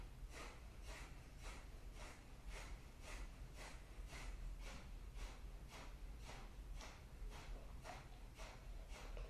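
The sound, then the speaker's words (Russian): Rapid, forceful nasal exhalations in double kapalabhati breathing, done twice, a steady train of sharp, hissing puffs about twice per second, evenly paced and fairly loud, with no talking. “Кстати, у вас лучше стало дыхание.”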